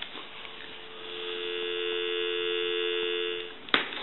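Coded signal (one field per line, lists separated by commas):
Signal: telephone call progress tone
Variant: North America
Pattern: dial tone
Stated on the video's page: Tone on an NE 3-slot payphone during initial checkout and repair conversion.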